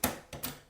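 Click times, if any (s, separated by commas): 0.0 s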